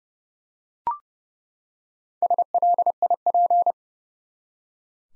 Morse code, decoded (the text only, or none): SLIP